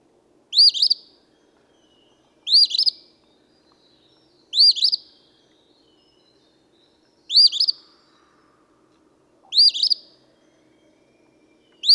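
Eastern phoebe singing six crisp, scratchy 'fee-bee' phrases at slightly uneven intervals of about two to three seconds, the last cut off at the end, otherwise quiet.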